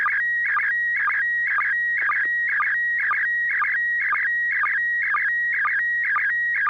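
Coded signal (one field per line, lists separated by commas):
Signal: SSTV (slow-scan television)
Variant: PD120 mode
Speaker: All right, Bob, thank you. N6PGQ, net control asks for you to give it a go. Okay, this is going to be on PD 120.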